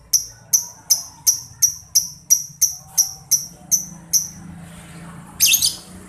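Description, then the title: Lovebird chirps: a steady run of about twelve sharp, high, downward-sweeping chirps in quick succession, ending with a raspy burst. Masteran training recording played to labet lovebirds so they quickly develop ngekek panjang, a long ngekek song. "Kicau Lovebird SUPER GILA !!! Terapi Masteran LABET Terbaik Agar Labet Cepet NGEKEK PANJANG"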